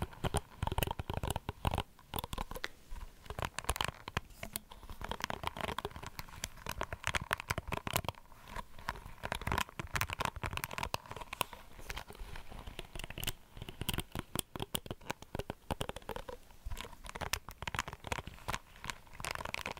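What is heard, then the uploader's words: Dense crinkling and crackling on a bare mic, a rapid, irregular stream of sharp scratchy taps and rustles. ASMR Intense Bare Mic Triggers.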